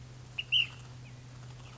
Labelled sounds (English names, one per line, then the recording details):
Ash-throated Flycatcher
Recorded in Sonoma County, California